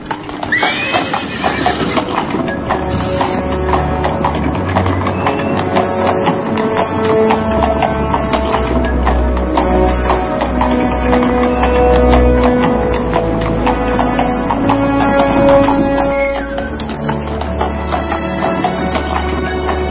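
Steady clip-clop of the hooves of a horse pulling a cart, slowly leaving the border of Antahpura village at an unhurried walking pace, with a short whinny near the start, continuing evenly over a low rumbling background with no talking.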